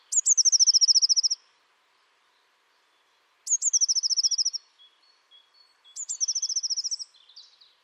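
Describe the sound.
Bird sounds a high, rattling trill three times. Each burst has a sharp opening note and quick, regular pulses, and the last is followed by soft notes.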